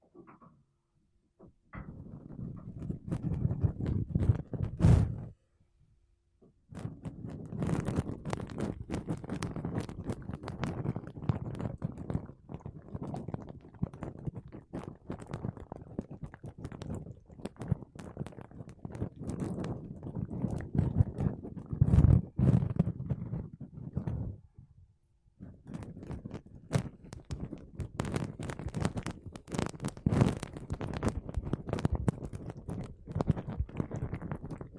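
Makeup brushes and a sponge rub across a microphone in long, dense bursts of soft, scratchy swishing, heavy in the low end with bright crackling streaks. Short silent gaps break the brushing near 2, 6 and 25 seconds, with a sharper thump around 5 and 22 seconds.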